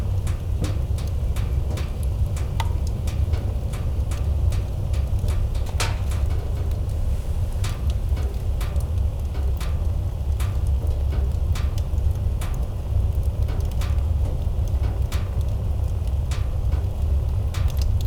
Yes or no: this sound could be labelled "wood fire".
yes